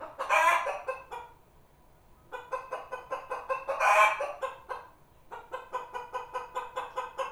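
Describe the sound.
Chicken giving a loud, drawn-out squawking cackle, then a rapid series of short clucks, a second cackle, more clucks, and steady clucking resuming after a brief pause.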